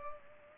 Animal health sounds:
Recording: mosquito wingbeat signal from an infrared sensor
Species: Culex pipiens

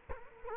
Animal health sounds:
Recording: mosquito wingbeat signal from an infrared sensor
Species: Culex quinquefasciatus

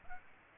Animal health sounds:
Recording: mosquito wingbeat signal from an infrared sensor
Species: Aedes aegypti

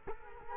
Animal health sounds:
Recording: mosquito wingbeat signal from an infrared sensor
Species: Culex quinquefasciatus

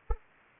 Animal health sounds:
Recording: mosquito wingbeat signal from an infrared sensor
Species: Anopheles arabiensis

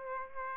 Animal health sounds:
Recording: mosquito wingbeat signal from an infrared sensor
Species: Aedes aegypti

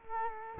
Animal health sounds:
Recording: mosquito wingbeat signal from an infrared sensor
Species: Culex quinquefasciatus

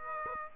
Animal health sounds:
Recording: mosquito wingbeat signal from an infrared sensor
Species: Aedes aegypti

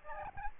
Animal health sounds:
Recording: mosquito wingbeat signal from an infrared sensor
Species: Aedes albopictus

